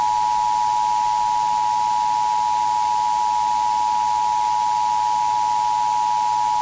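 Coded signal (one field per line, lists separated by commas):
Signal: Emergency Alert System (SAME) tones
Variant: 853 and 960 Hz attention tone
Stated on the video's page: Fictional alert scenario.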